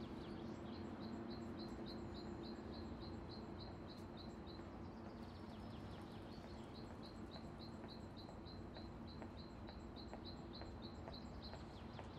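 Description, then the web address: Bird song, a thin high chirp repeated steadily in two long runs, over constant low traffic rumble. Spring morning, birds heard with traffic at a traffic light. "Traffic Light Spring Morning Birds. Lynne Music"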